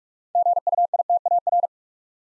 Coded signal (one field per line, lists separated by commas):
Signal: Morse code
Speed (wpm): 44 wpm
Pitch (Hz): 700 Hz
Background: none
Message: GUITAR